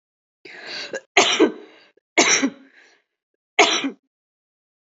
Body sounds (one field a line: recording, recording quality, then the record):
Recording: heavy voluntary cough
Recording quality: excellent, no background noise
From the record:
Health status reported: healthy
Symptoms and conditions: none ticked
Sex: female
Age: 25 years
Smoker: not ticked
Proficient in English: no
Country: India